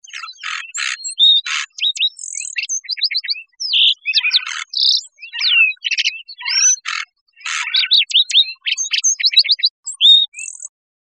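Lark sparrow singing a long jumbled series of buzzes, rattling trills and quick slurred whistles, almost without pause.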